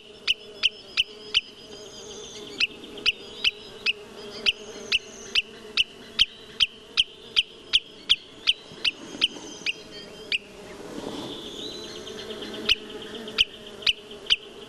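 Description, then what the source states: Wood sandpiper alarm series of short, sharp, high notes at an uneven pace. A brief pause with a soft rushing sound comes before the 'kit' calls return. Loud, monotonous 'kit, kit, kit' alarm calls.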